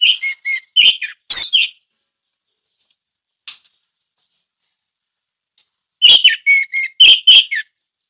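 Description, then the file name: Orange-headed thrush giving busy chattering and whistled phrases, then near-silence with a few soft notes, then another energetic burst of song. Song of the anis merah in the ngeplong teler style. "suara anis merah ngeplong teler"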